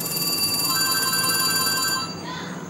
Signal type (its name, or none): none